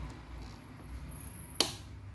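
The last unfitted plastic piece of a Philco Turbo floor fan is pushed into its slot on the fan body over a quiet, steady background. A single sharp click sounds at 1.6 s, and the part is seated in place.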